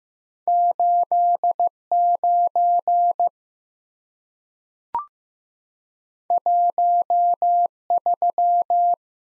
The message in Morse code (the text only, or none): 8 9 1 3